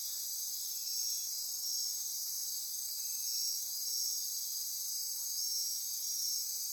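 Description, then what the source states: Insect chorus, a high continuous drone with a gently pulsing rhythm, swelling now and then. Midnight insect chorus near Corcovado.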